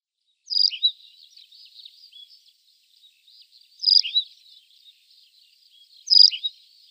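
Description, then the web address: Tawny pipit song: three sharp, slightly double chirped phrases with soft scattered twittering notes between. "Schulze Peter Tawny Pipit song"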